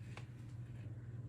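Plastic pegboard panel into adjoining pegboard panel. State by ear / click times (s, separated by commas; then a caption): not seated / none. A plastic pegboard panel is set against an adjoining pegboard panel so it sits in the groove, making only a faint, brief tap around 0.2 s over a steady low hum. The panel does not snap into the next one, and no click is heard.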